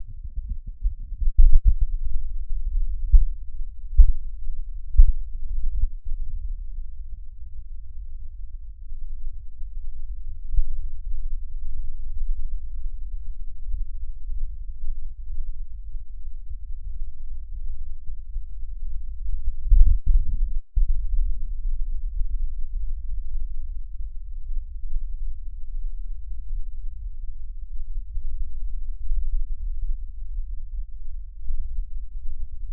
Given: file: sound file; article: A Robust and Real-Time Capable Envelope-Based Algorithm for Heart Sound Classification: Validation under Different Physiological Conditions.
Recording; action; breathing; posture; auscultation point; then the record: heart sounds by electronic stethoscope; rest; normal; sitting; centre of the back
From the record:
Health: healthy, no known heart disease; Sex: male